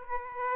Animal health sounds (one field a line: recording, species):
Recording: mosquito wingbeat signal from an infrared sensor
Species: Aedes aegypti